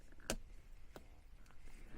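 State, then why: Seated. A crimped female metal contact is fed into a plastic MC4 female connector housing on a solar cable and seats with a sharp click at 0.3 s. Fainter ticks and handling sounds follow around 1.0 s and 1.5 s over a low background hum.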